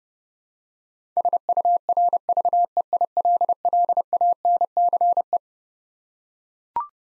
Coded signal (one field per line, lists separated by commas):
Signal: Morse code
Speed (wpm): 30 wpm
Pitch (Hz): 700 Hz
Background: none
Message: SURVEILLANCE